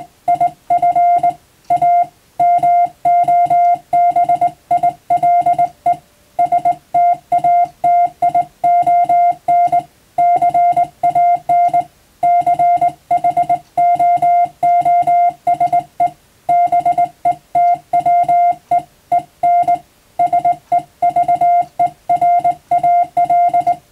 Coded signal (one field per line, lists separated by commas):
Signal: Morse code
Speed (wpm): 20 wpm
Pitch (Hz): 700 Hz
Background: music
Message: IF A MOBILE STATION CAN CHOOSE BETWEEN SEVERAL